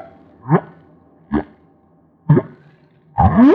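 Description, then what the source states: Humpback whale song: four separate moans and upswept units spaced about a second apart, the last one louder with a rising whistled sweep. Maui.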